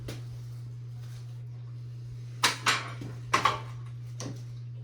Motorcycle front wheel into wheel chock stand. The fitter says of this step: and it'll lock into place